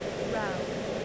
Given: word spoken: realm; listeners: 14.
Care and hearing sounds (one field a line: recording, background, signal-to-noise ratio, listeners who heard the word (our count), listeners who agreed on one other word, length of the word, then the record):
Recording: one English word in noise, from a listening test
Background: speech-shaped noise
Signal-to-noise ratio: -5.1 dB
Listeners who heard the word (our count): 3 of 14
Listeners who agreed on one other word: 7 of 14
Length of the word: 0.65 s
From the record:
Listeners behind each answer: 7, 3, 3, 1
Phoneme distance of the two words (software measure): 30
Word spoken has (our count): 1 syllable, 4 phonemes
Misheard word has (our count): 1 syllable, 4 phonemes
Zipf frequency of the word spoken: 3.53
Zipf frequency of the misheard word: 5.71